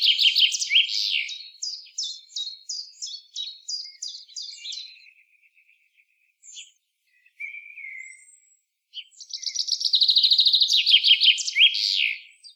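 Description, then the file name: Common chaffinch song: a series of sharp, slightly descending chirps over about five seconds, a few quiet notes, then a fast, dense trill that ends in a brief flourish. "Fringilla coelebs"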